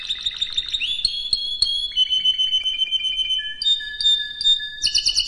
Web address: canary canary-sound